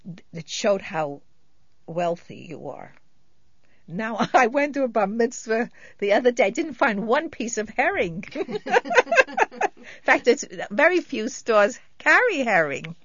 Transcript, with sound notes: it showed how wealthy you are. Now I went to a bar mitzvah the other day, didn't find one piece of herring. ( she laughs ) In fact, very few stores carry herring.